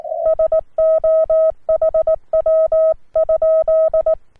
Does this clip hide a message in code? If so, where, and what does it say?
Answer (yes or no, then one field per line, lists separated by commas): yes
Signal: Morse code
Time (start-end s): 0.3-4.1 s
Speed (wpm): 18 wpm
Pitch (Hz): 640 Hz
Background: none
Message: SO HW?